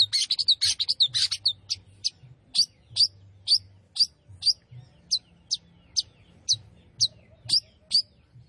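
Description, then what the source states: Long-tailed shrike song: a rapid scratchy burst, then sharp high notes repeated about twice a second, steady and loud. Singing lively (gacor).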